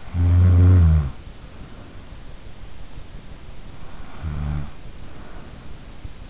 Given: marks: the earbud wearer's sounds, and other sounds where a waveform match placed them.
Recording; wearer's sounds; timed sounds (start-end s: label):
sounds in sleep by an in-ear microphone; snoring breath
0.13-1.23 s: snoring breath
4.11-4.75 s: snoring breath